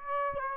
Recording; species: mosquito wingbeat signal from an infrared sensor; Aedes aegypti